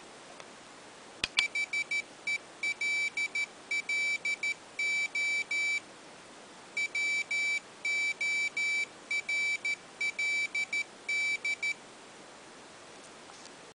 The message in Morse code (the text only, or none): HELLO WORLD